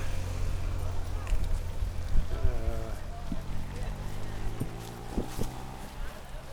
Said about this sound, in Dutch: De motor die je hoort is een politie. Die ons natuurlijk intensief zullen begeleiden vandaag.